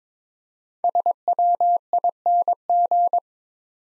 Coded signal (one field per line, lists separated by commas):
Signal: Morse code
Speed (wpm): 22 wpm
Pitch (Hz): 700 Hz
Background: none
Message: SWING